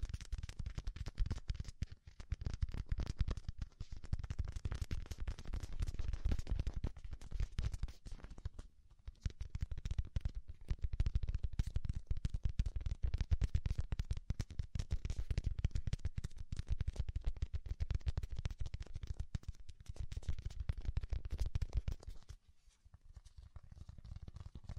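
Soft, fluffy ASMR triggers rub and brush in a dense, continuous texture of rapid crackly strokes with a deep low rumble underneath. The rustling stays steady for most of the clip, with brief lulls near 9 seconds and 22 seconds before it quietly resumes.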